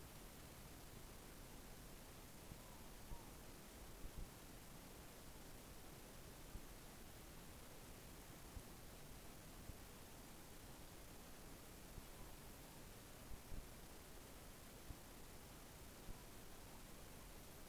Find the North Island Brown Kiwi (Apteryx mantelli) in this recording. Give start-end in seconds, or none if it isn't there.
none